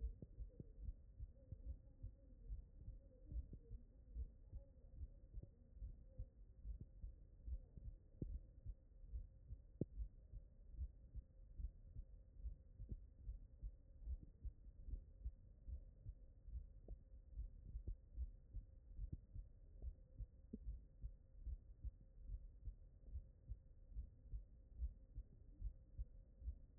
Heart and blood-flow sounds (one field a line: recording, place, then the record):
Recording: heart sounds by stethoscope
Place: mitral valve (MV)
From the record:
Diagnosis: HFrEF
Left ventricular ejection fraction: 34%